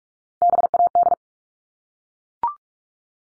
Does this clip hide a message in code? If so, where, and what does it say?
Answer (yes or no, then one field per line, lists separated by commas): yes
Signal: Morse code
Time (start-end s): 0.4-1.1 s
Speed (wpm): 44 wpm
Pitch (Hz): 700 Hz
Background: none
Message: BAD